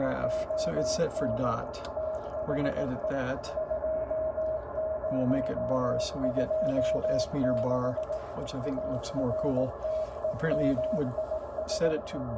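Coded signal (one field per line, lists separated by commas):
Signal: Morse code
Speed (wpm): 18 wpm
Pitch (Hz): 630 Hz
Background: speech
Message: ON THE 2026 ARTEMIS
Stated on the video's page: Elecraft K2 kit on its first day on the bench, receiving and transmitting on 20 m.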